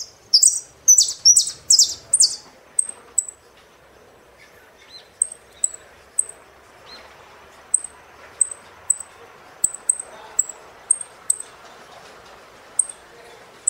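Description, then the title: Saffron finch: a burst of loud chirped song phrases, then thin high single notes scattered through the rest. "Jilguero Argentino"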